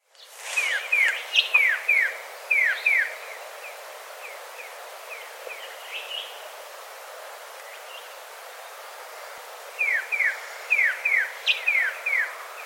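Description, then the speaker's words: White-plumed Honeyeater chatter: bursts of rapid, high, downslurred notes, a run of them early on, a long quiet gap, then another quick series near the end. White-plumed Honeyeater chatter call, a series of rapid high-pitched notes; recorded in Mount Remarkable National Park (Wangyarra), South Australia. "I love hearing their chatter call, which is a series of rapid high-pitched notes."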